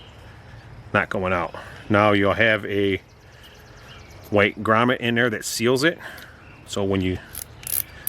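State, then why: Seated. The plastic sealing gland nut on an MC4 connector, which has a white grommet inside, is tightened onto the connector body while someone talks. Short, sharp clicks from the plastic pieces pushing tight together are heard at 7.7, 7.8 and 8.1 seconds as the nut ratchets tight and seats.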